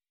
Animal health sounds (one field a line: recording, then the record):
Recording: hydrophone in a shrimp aquaculture tank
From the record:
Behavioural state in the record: weakened